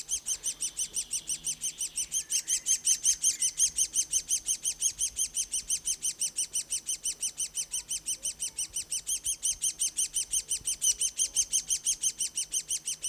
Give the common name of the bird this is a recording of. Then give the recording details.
Great Spotted Woodpecker. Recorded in the wild. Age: juvenile. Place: Bogensee, Barnim, Brandenburg, DE. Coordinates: 52.7714, 13.5294. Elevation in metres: 60. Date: 2004-05-30 15:40. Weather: sonnig, 21-24°C. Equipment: Sony WM-D6C, Sennheiser ME 80, Kopie Uher 4000 Report Monitor. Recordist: Tembrock, Günter